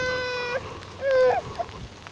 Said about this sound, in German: Ja, Kind quäkt, weil Kind sieht, glaube ich, einfach nichts mehr. Da ist ja jetzt Regen davor und sie kriegt, wolltest du rausgucken? Wolltest du rausgucken?